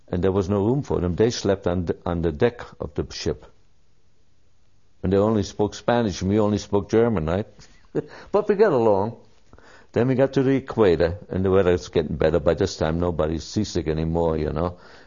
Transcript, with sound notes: and there was no room for them, they slept on the - on the deck of the ship. And they only spoke Spanish, and we only spoke German, right? (Laughs) But we get along. Then we got to the equator, and the weather's getting better by this time, nobody's seasick anymore, you know?